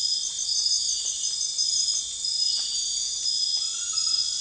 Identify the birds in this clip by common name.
none